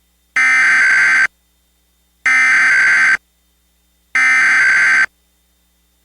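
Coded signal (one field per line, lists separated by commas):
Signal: Emergency Alert System (SAME) tones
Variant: header bursts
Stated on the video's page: Recreated Ohio Required Monthly Test as shown on a cable box using a Trilithic EASyCAP screen.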